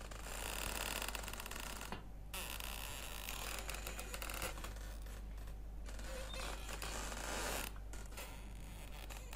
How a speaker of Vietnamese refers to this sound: Vừa quăng cái quạt cặp xuống đất, toan xuống sân kiếm cái chổi để quét dọn, thì ở trong buồng vang lên có tiếng kẽo ca kẽo kẹt, giống như ai đang nằm đưa võng vậy.